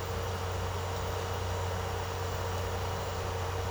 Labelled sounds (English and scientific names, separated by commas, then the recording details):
none
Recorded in secondary vegetation near Puerto Asís, Putumayo, Colombia, on 13 March 2025 at 13:00
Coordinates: 0.468, -76.324
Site G059